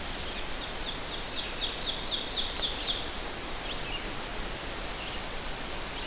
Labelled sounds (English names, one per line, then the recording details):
Ovenbird song
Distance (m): 45 m
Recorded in boreal forest in Alberta, Canada, on 12 June 2016 at 05:52
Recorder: SongMeter 3, array SBT-3-18
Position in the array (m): 203 m, 78 m
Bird 31